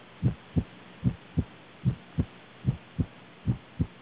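Regular paired heart sounds from an adult heart heard by stethoscope, a first and second sound in each beat, at about 75 beats a minute with a steady rhythm; no distinct extra sound stands out clearly between the beats.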